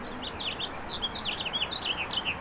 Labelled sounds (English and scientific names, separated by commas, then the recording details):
House Finch (Haemorhous mexicanus) song
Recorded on Long Island, New York, on 21 April 2011
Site GN
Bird D